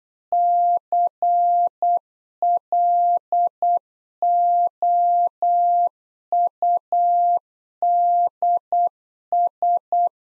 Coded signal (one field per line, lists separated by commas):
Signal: Morse code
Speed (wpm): 8 wpm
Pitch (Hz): 700 Hz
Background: none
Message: CLOUDS